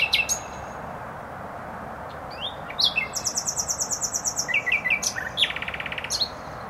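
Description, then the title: Nightingale song: whistled notes, a pause, then a long rapid series of repeated notes speeding into a fast rattle, with traffic noise throughout. Singing in bushes close to a noisy motorway, Trasa Toruńska, Bródno-Podgrodzie, Warsaw, Poland; recorded on an Olympus LS-11. "Bródno-Podgrodzie, Warszawa, Polska - Trasa Toruńska Nightingale"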